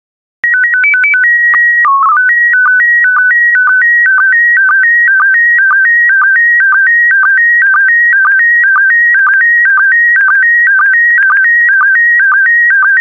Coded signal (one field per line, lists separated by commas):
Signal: SSTV (slow-scan television)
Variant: PD 120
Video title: 47131 Turkey Volume II SSTV PD120